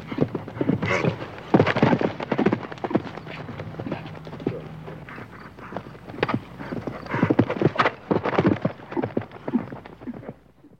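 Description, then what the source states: Horse hoofbeats: bursts of heavy, irregular thudding strides with short pauses between runs. Horse jumping obstacles.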